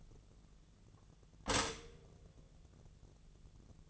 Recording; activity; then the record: daily activity, microphone in the room; stop toaster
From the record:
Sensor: 4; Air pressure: 1001.0 hPa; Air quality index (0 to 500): 165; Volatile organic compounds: 2 ppm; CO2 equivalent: 1202 ppm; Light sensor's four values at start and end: 18/41/17/17 and 19/43/18/18